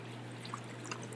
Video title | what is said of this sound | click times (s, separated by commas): Crystal Pool Monitor Honest Review - Testing Your Pool With Your Phone??? | Snaps right in place. | 0.9 s